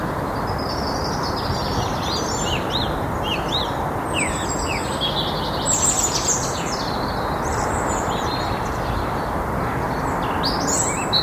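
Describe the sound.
Thrush song: varied high whistled and chirping phrases over steady loud background noise.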